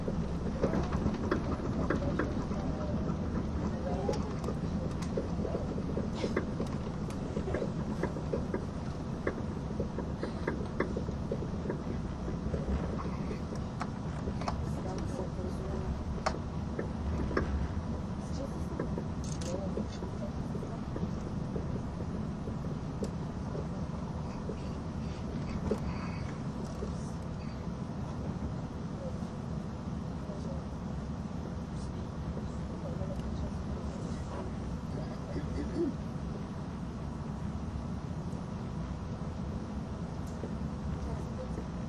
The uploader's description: the train on the Gotthard Tobasis Tunnel route